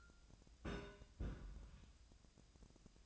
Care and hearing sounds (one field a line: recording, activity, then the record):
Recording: daily activity, microphone in the room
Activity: place on stove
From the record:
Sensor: 2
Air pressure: 999.8 hPa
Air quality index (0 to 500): 124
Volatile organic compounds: 2 ppm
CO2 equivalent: 1066 ppm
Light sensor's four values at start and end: 32/79/34/38 and 32/79/34/38